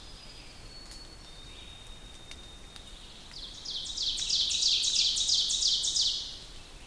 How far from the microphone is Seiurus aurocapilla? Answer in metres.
about 40 m